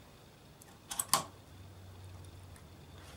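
A second RAM stick is pushed into its DIMM slot on a motherboard. After a soft tap near 0.9 s, sharp clicks are heard at 1.0 s and 1.1 s as the slot clips close, then only a low hum and faint ticks remain. The memory module is seated and locked into place.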